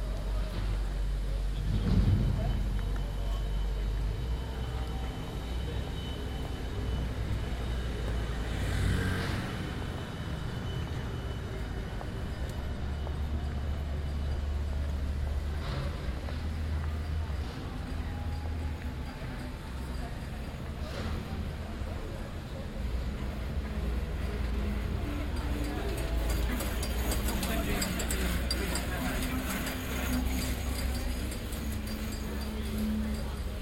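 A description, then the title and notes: A busy city street with a steady low rumble of passing vehicles, scattered voices, and brief clatters and squeaks every few seconds. The sounds of busy Amsterdam streets. Amsterdam Street Sounds.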